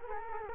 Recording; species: mosquito wingbeat signal from an infrared sensor; Culex quinquefasciatus